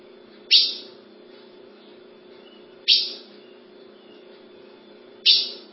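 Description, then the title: Ultramarine grosbeak repeating a sharp, downward-sliding call note three times, about every two and a half seconds, over a steady low hum. "Azulao"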